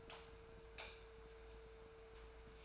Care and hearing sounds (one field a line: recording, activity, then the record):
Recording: daily activity, microphone in the room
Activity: light off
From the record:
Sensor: 2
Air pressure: 1014.4 hPa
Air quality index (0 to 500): 173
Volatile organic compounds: 11 ppm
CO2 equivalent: 2292 ppm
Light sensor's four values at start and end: 22/58/24/25 and 13/33/13/14